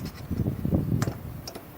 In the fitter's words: There we go. And it pops right in.